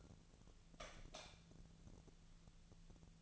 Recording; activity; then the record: daily activity, microphone in the room; light off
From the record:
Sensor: 4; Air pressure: 1000.8 hPa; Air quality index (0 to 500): 127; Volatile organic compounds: 1 ppm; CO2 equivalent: 951 ppm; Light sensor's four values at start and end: 38/97/40/44 and 36/87/37/40